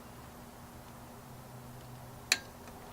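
A click-type torque wrench set to 20 ft-lb tightens a spark plug into the aluminium cylinder head of an MR2 Gen 4 3SGTE engine over a steady low hum. The wrench gives a single sharp click at 2.3 s, showing the plug has reached its torque setting, followed by a fainter knock at 2.9 s.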